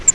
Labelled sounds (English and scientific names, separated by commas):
Grace's Warbler (Setophaga graciae) flight call